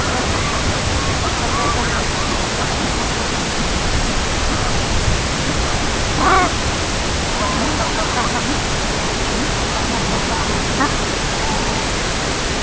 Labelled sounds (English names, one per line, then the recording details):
unidentified sound
King Eider
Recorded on Arctic tundra, site CORI-1, on 16 June 2018
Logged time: 06:00